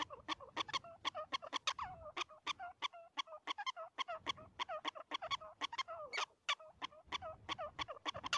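Prairie dog calling in quick repeated chirpy barks, overlapping and uneven, some calls sliding downward in pitch, steady throughout.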